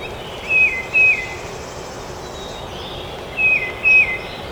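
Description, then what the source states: Tufted titmouse song: two clear whistled notes, each dropping in pitch, given twice about three seconds apart over steady background hiss. Recorded at Trempealeau on 12 May 2018.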